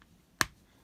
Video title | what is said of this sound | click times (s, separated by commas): Hot Wheels Star Wars Kylo Ren's TIE Silencer Build a Death Star Wave #8 | Peg it into port like so, hear that click. | 0.4 s